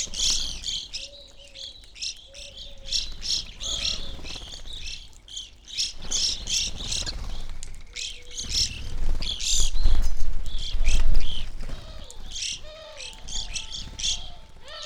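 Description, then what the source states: Evening grosbeak flock giving loud, rapid chirps in dense bursts, interspersed with lower squawky notes and a low rumble. Flock feeding on sunflower seeds at backyard feeder hanging from a birch, relatively warm winter morning, McCloud, Siskiyou County, California; microphones either side of the tree trunk.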